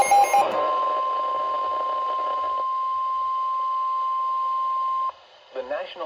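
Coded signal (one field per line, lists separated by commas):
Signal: Emergency Alert System (SAME) tones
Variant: 1050 Hz attention tone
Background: speech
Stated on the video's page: NOAA Weather Radio broadcast of two consecutive tornado warnings from the Philadelphia-area weather service for New Jersey counties.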